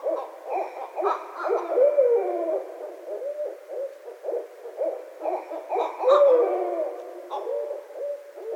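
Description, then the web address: Barred owl calls, busy bursts of cackling hoots and wavering notes, two louder slurred hoots standing out. Recorded 12 February 2012. "Barred Owl 2012 02 12 Barred Owl"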